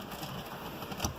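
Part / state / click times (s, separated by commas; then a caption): dash part being fitted into the car dashboard / not seated / none. A dash part is handled while being fitted into the dashboard of a 2012 Toyota Camry LE during a Dasaita Hot Audio V600 head unit install. Steady broadband noise runs throughout, with one brief sharp transient at about 1.1 s. Nothing has seated or clicked into place yet.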